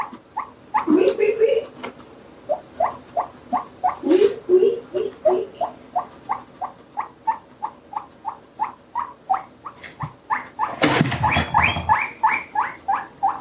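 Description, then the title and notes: Guinea pig wheeking: a long steady series of short, high, squealing chirps, roughly three each second, with a few louder squeals and brief rustling near the end. Pet guinea pig giving a few wheeks in exchange for radicchio, recorded with a Shure MV88 microphone. "a few wheeks from Ada"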